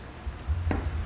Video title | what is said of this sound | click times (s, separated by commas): R6 Spark Plug Replacement 2 of 2 | down on it and you hear it I'm oh maybe you heard it snap that final snap so | 0.7 s